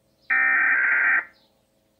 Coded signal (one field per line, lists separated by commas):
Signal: Emergency Alert System (SAME) tones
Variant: header bursts